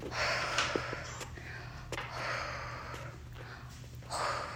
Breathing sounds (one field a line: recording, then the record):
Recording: deep breathing after running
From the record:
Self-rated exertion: light exertion (2 of 6)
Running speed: 6 miles an hour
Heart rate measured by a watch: 95 beats a minute at the start, 94 at the end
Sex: female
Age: 53 years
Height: 159 cm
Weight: 47 kg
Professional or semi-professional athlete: no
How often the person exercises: under once a week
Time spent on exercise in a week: 1 to 2 hours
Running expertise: no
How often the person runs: under once a week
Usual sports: running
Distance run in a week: 5 miles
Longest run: 42 km